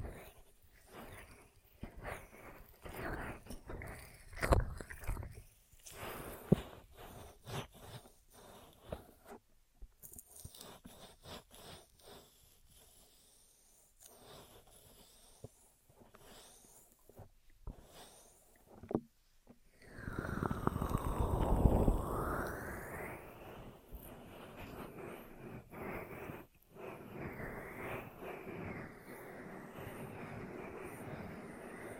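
Intense ear triggers with no talking: irregular crinkles, taps and scratchy bursts fill the first twenty seconds, broken by a few brief silences. Around 20 seconds a loud, swelling rub sweeps up and down, then settles into a steadier, softer rustling to the end.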